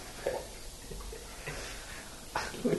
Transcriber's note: laughter